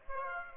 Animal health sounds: mosquito wingbeat signal from an infrared sensor; Aedes aegypti

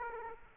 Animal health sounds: mosquito wingbeat signal from an infrared sensor; Aedes aegypti

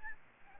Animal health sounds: mosquito wingbeat signal from an infrared sensor; Aedes albopictus

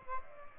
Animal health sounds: mosquito wingbeat signal from an infrared sensor; Aedes aegypti

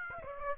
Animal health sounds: mosquito wingbeat signal from an infrared sensor; Aedes aegypti

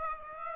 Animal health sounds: mosquito wingbeat signal from an infrared sensor; Aedes aegypti

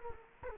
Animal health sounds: mosquito wingbeat signal from an infrared sensor; Culex quinquefasciatus

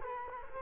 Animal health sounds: mosquito wingbeat signal from an infrared sensor; Culex quinquefasciatus

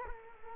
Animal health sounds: mosquito wingbeat signal from an infrared sensor; Culex quinquefasciatus

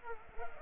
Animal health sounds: mosquito wingbeat signal from an infrared sensor; Culex pipiens

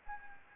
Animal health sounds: mosquito wingbeat signal from an infrared sensor; Anopheles gambiae

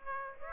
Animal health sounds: mosquito wingbeat signal from an infrared sensor; Aedes aegypti

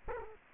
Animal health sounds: mosquito wingbeat signal from an infrared sensor; Culex quinquefasciatus

